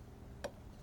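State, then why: Seated. A screw going into a threaded hole in a motor assembly is backed off after a tight first try until its thread clicks into alignment, and it then turns easily. A single short, sharp click sounds at 0.4 seconds over a faint steady low background. The thread catches and the screw is seated.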